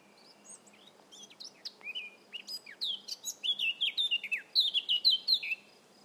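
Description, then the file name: Eurasian blackcap singing, quiet chattering and squeaky notes at first, then a bright, rich series of flutelike descending whistles, rapidly repeated, finishing with a falling note. "Sylvia atricapilla"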